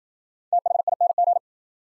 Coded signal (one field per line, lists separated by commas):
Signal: Morse code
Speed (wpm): 53 wpm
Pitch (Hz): 700 Hz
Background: none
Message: THING